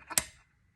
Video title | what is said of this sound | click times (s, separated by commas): Making a plastic mask and threading a commercial machine. | and it clicks in and then you make sure your thread is clear you shut this | 0.2 s